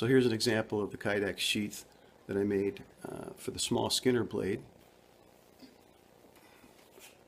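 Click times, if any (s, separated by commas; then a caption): none. Someone talks for about the first 4.6 seconds while handling a small fixed-blade skinner knife and its custom thermoformed kydex sheath, followed by quiet handling noise with a faint tap near 6.4 s. The knife has not yet been pushed home into the sheath's retention, so nothing has clicked or seated yet.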